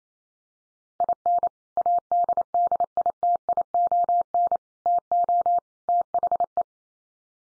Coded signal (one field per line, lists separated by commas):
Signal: Morse code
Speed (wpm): 28 wpm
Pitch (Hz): 700 Hz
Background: none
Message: IN ADDITION TO THE